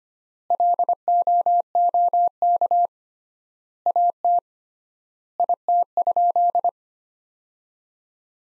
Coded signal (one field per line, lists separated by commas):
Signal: Morse code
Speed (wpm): 25 wpm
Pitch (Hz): 700 Hz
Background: none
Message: LOOK AT IT?